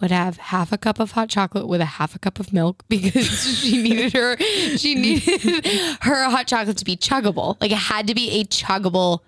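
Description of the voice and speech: A woman talks casually about hot chocolate and milk at a quick, lively pace, with one brief self-restart. Her voice is clear and steady, and her consonants, including her s sounds, are crisp. This is ordinary fluent speech with no speech disorder.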